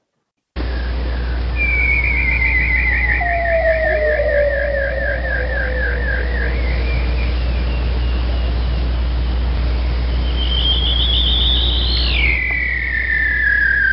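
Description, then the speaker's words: Weddell seal trills: long descending buzzy whistles with rapid pulsing, one sweeping steeply upward then down, over steady low underwater hum. Weddell seals live in Antarctica; sounds described as very bizarre, like a space alien landing. "Now, one of my favorites is a Weddell seal, because these guys are out in Antarctica and they make the most bizarre sounds. I'll let it play."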